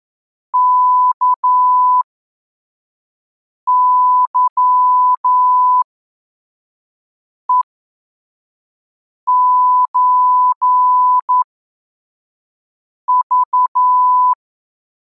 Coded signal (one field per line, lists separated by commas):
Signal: Morse code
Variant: Russian alphabet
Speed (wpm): 11 wpm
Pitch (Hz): 1000 Hz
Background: none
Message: КЫЕЧЖ